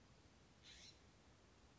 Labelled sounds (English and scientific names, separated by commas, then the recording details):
California Scrub-Jay (Aphelocoma californica)
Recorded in Sonoma County, California